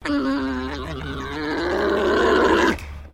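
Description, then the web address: Alpaca mating call: a steady, low, harmonic groan that turns into a rough, gurgling drone for about three seconds, then stops abruptly. Male alpaca giving a mating call. "Sound Effects-Foundation 1 ANIMAL ALPACA MALE MATING CALL"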